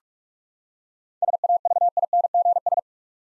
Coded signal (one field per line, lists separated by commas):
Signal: Morse code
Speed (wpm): 42 wpm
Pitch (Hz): 700 Hz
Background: none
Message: SAVINGS